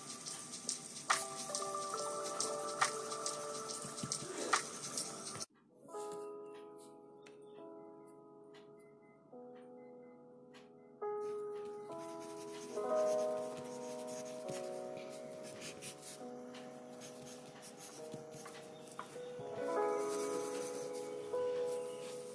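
A lofi study backdrop: soft sustained tones and gentle melodic notes hold steady for most of the twenty-two seconds. The first five seconds are busier with scratchy, crackling textures, then a brief hush near five seconds before the mellow music resumes with occasional light taps.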